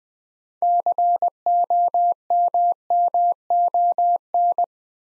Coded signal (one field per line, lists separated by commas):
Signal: Morse code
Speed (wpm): 20 wpm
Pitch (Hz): 700 Hz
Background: none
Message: COMMON